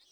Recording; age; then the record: pig call; piglet (1 to 25 days)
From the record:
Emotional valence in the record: positive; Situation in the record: short reunion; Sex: male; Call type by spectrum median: high-frequency call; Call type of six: low-frequency tonal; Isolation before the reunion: 3 minutes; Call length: 0.12 s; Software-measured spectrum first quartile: 3514 Hz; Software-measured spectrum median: 4522 Hz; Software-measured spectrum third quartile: 5728 Hz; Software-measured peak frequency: 4272 Hz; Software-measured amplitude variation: 95 dB a second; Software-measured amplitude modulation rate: 16.0 a second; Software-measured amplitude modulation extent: 6.0 dB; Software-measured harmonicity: 3.8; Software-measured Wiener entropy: -1.79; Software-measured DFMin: 653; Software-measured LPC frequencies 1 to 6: 654, 2092, 3479, 4205, 5175, 7873 Hz